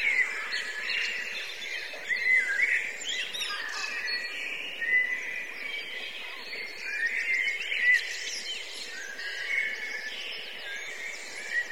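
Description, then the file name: Blackbirds in a dense chorus, many overlapping squeaky, buzzy and whistled notes mixed into a steady chatter throughout. Several blackbirds; recorded through a line-in input. "blackbirds record from line in overruns"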